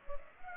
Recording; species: mosquito wingbeat signal from an infrared sensor; Culex pipiens